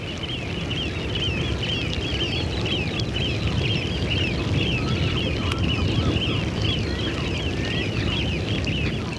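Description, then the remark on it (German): A large flock of birds calls continuously over the Wadden Sea mudflats of the North Sea, a dense chatter of overlapping mid-pitched cries and honks, steady and unbroken, with a low rumble of wind underneath. “Wer durch das Watt wandert, sieht zunächst wenig, außer den Vogelschwärmen.”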